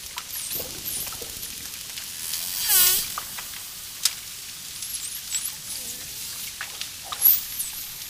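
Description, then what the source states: Dolphin giving several harmonic whistles, including a loud wavering one about a third of the way through and softer curved whistles later, mixed with isolated clicks and watery hiss. Dolphin clicking and whistling, with water splashes.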